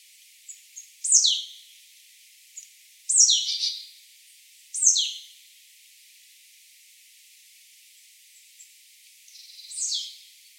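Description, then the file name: Marsh tit repeating a sharp, downslurred call with a short buzzy tail four times at uneven intervals, with soft high chips between. "Poecile palustris"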